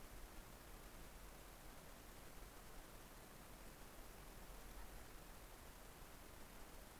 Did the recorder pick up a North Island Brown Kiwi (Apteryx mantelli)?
no